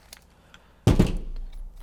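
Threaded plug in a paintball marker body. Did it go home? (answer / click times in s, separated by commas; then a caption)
no / 0.9 s. A small threaded plug in the metal body of a Tippmann X7 Phenom paintball marker, coated with a lot of Loctite, is turned with a tool during maintenance. After faint ticks, a sharp, loud clack at 0.9 s and a second hit just after are followed by a low, scraping tail. The plug strips out while being turned.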